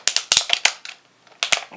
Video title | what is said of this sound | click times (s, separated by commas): Mattel Voltron Classics Blue Lion and Princess Allura Figure Review | just fold the legs up and they kind of just click into place they lock in | 0.3 s, 0.7 s, 1.5 s